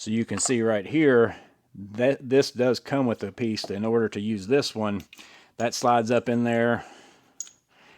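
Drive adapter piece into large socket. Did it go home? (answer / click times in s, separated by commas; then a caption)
yes / 7.4 s. A metal drive adapter piece is slid up into the internal drive of a large socket while someone talks. A short, sharp click at 7.4 seconds marks the adapter locking into place, like a 3/8 drive, Type M rather than Type S.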